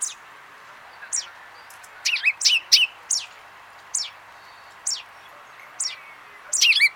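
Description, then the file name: Common chaffinch calls: repeated sharp, high downward-slurred notes, some in quick clusters, with a busier burst at the close. "Fringilla coelebs"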